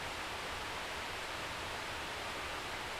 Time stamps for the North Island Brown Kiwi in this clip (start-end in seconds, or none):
none